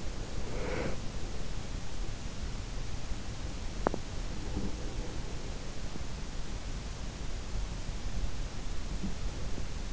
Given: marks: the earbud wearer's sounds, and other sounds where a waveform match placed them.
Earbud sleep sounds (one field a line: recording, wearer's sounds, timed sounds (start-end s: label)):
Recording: sounds in sleep by an in-ear microphone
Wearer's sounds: breath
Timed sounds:
0.00-1.40 s: breath